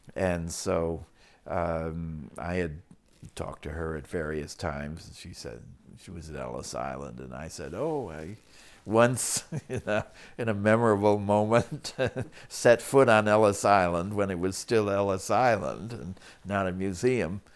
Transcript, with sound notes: And so, I had talked to her at various times and she said she was at Ellis Island and I said, "Oh, I once – [Laughs] you know - in a memorable moment, set foot on Ellis Island, when it was still Ellis Island and not a museum."